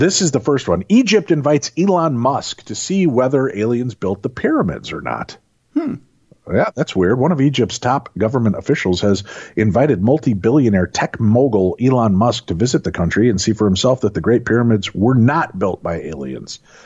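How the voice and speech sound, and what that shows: A man reads a news item aloud in clear, fluent speech with a steady pace and ordinary voice.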